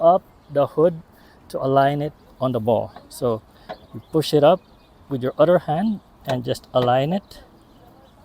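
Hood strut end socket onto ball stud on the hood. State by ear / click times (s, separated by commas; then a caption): not seated / none. On a 2006 Hummer H3, the hood is pushed up with one hand to line up the new passenger-side gas hood strut's end socket on the ball stud on the hood, since the strut is still in the expanded position. Someone talks throughout, with quiet gaps between phrases. Nothing has seated or clicked yet.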